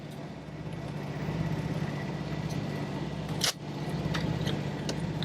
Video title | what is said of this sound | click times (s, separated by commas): Verity Install Dash | tape on the end of a flat screwdriver insert it here and you'll hear it pop and | 3.4 s, 4.2 s, 4.9 s, 5.2 s